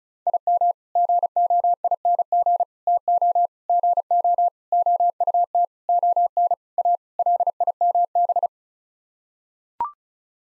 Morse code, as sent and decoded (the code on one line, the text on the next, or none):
.. -- / --. --- .. -. --. / - --- / --. --- / --- ..- - / --- -. / .- / .-.. .. -- -...
IM GOING TO GO OUT ON A LIMB